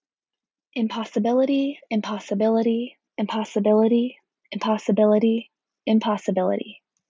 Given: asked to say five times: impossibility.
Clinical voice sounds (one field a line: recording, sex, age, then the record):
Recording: repeated word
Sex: female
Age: 20 to 29 years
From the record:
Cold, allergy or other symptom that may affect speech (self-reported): no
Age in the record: 24 years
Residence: Washington, United States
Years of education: 16